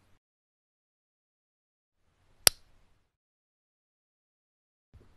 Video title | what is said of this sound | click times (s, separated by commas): Blinker Blues Got You Down? Fix Your 2011-2020 Toyota Sienna Turn Signal FAST (DIY!) | insert the new bulb into the socket you should feel it click | 2.5 s